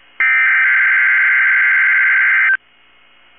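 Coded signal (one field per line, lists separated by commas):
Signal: Emergency Alert System (SAME) tones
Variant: header bursts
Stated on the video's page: Required weekly test on NOAA weather radio station KEC65.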